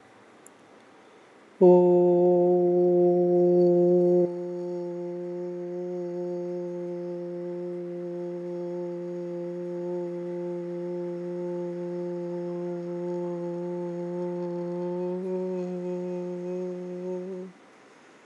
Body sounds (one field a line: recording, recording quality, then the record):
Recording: sustained vowel as in boot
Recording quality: excellent, no background noise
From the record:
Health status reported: healthy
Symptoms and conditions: diabetes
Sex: male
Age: 32 years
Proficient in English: yes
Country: India